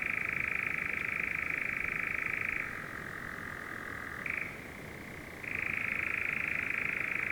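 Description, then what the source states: European nightjar churring song, a continuous mechanical purring trill that drops to a lower pitch partway through, briefly jumps up, then returns to the higher pitch. Recorded 5 June 2016.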